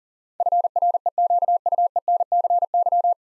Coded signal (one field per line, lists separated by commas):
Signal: Morse code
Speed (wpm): 39 wpm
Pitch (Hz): 700 Hz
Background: none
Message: FREQUENCY